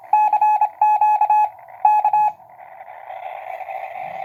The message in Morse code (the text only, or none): CQ K